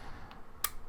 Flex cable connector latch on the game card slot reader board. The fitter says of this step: so we're going to go this way and just lift it up like so till you hear it click